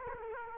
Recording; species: mosquito wingbeat signal from an infrared sensor; Culex quinquefasciatus